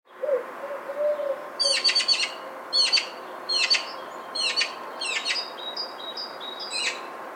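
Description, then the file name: Eurasian magpie giving harsh, rattling chatter bursts, each burst a quick series of rasping notes, repeated about once a second, ending with shorter sharper notes; a faint low whistle near the start. "Pica pica"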